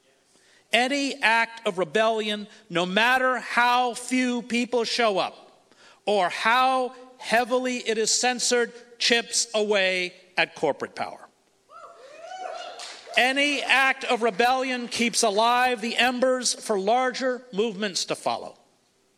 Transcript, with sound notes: Any act of rebellion, no matter how few people show up or how heavily it is censored, chips away at corporate power.
[few audience cheers]
Any act of rebellion keeps alive the embers for larger movements to follow.